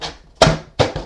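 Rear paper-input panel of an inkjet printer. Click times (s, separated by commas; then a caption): 0.4 s. The plastic rear paper-input panel of an HP DeskJet 3755 inkjet printer is lifted further until it clicks into its open, raised position at 0.4 s. A fainter sound comes at the start, and another plastic knock follows near 0.8 s. The panel is locked in place.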